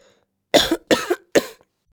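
An adult coughs three times in quick succession.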